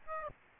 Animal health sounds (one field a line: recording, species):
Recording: mosquito wingbeat signal from an infrared sensor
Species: Aedes albopictus